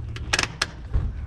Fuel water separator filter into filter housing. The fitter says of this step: once you hear that click with that you're good